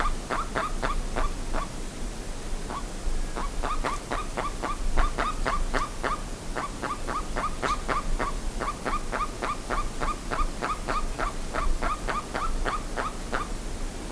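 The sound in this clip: Bird calls, a long run of short notes at a fast pace, steady hiss beneath.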